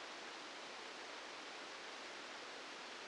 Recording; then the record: brain microelectrode recording played as sound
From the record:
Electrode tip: outside the subthalamic nucleus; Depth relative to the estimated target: -2 mm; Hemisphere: left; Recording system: NeuroSet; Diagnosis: Parkinson's disease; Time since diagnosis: 8 years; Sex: male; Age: 65 years